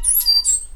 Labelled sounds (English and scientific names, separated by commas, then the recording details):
Stitchbird (Notiomystis cincta) song
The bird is a male
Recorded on Tiritiri Matangi Island, New Zealand, in 2005
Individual 8, of nest box 10